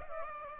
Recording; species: mosquito wingbeat signal from an infrared sensor; Aedes aegypti